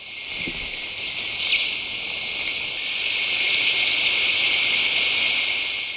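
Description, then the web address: Viridian metaltail giving high, sharp downslurred chips in rapid runs, a brief gap, then a second, softer run of similar notes. Subspecies primolinus, recorded in Ecuador. "Natures Songs S America Birds of Ecuador. Viridian Metaltail (Primolinus)"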